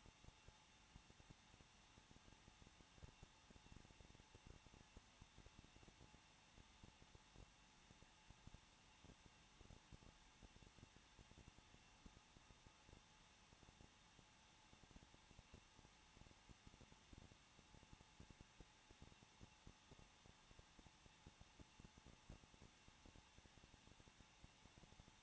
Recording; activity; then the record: daily activity, microphone in the room; no activity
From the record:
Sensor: 1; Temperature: 20.1 degrees Celsius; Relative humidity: 39.2%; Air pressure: 1006.3 hPa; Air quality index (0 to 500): 218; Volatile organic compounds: 79 ppm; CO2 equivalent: 3596 ppm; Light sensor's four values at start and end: 1/2/1/1 and 1/2/1/1